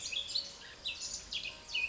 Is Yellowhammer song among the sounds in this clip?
no